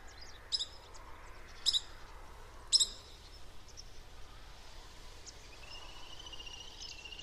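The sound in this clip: Bird giving three sharp high chips about a second apart, then a thin drawn-out whistle, over a low background rumble.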